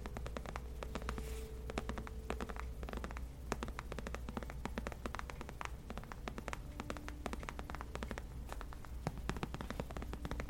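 Gentle tapping on leather, a dense run of soft, quick clicks and taps that keeps going for the whole stretch at a fairly even level. A low steady hum sits underneath, and brief faint tones drift in around two and eight seconds.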